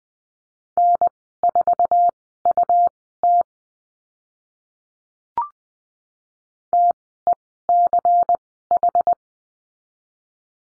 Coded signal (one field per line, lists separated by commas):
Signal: Morse code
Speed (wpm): 20 wpm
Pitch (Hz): 700 Hz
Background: none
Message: N4UT TECH